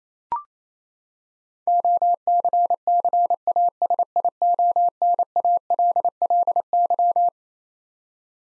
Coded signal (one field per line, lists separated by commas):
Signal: Morse code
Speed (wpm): 28 wpm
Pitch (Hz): 700 Hz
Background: none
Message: OCCASIONALLY